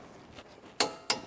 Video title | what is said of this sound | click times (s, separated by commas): Customer Says My Electric Steering Wheel Sticks to One Side, Did you fix it? RAM TRUCK is Back! | right there I hope you heard the to Ren click so that's good | 0.8 s